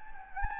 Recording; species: mosquito wingbeat signal from an infrared sensor; Anopheles gambiae